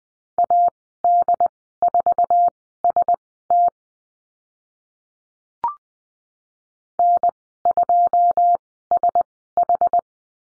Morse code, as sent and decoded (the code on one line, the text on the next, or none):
.- -.. ....- ... - / -. ..--- ... ....
AD4ST N2SH